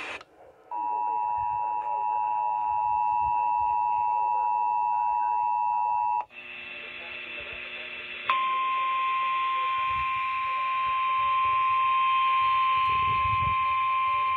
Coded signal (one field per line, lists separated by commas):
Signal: Emergency Alert System (SAME) tones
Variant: 853 and 960 Hz attention tone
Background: speech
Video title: (EAS #868 - #898) CHOAS DURING MARTINSVILLE - EAS Alerts from 4/14/23